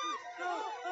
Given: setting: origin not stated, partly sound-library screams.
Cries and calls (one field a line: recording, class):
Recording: one-second piece from a danger detection set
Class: woman in danger